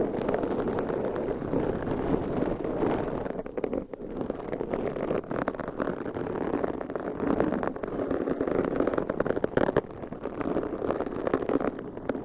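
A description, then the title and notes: Mic scratching makes a dense, continuous rumbling scrape, heaviest in the low and middle range, with a brief dip around four seconds. ASMR Mic Scratching - Brain Scratching with 7 Mics Asmr No Talking for Sleep with Long Nails.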